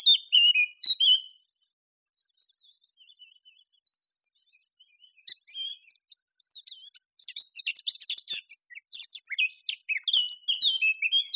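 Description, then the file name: Eurasian blackcap song: loud whistled notes at the start, soft scattered chips, then a rich, fast warble of mixed whistles and chatter building toward the end. "Sylvia atricapilla"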